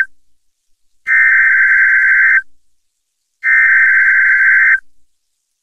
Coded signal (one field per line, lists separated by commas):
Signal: Emergency Alert System (SAME) tones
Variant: header bursts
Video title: NOAA WEATHER RADIO- Required Weekly Test-Mar 25, 2018 12:10pm PST(audio)